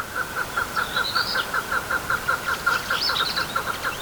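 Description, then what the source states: Chukar partridge calling in a rapid series of repeated chuck notes, with higher chirping bird calls above. Symbol bird of the self-administered region of Rojava, often shown on posters and stamps there.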